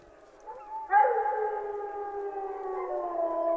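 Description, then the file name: Wolf howl, a quiet rising note and then a strong sustained howl that starts abruptly and holds steady, lowering slightly toward the end. Several wolves howling. "Wolves Howling Wolf Howling - Wolves Howling At The Moon"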